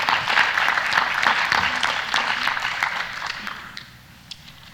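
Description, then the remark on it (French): An audience applauds the participants at the close of a colloquium, a dense, steady clatter of many hands clapping, holding strong for several seconds before thinning out and fading toward the end. “Alors j'aimerais qu'on applaudisse nos participants.”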